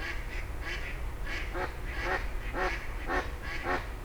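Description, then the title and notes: Grey heron: harsh grating calls of grey herons, short rough bursts coming in quick succession with a continuous traffic drone underneath. Several grey herons exchanging calls at 04:00 as traffic gradually resumes, Rue des Gourgues, Fenouillet, France. "44 Rue des Gourgues, 31150 Fenouillet, France - 04h00-Dialogue de Hérons cendrés. 04h00-Alors que la circulation reprend peu à peu, des hérons cendrés se font des politesses"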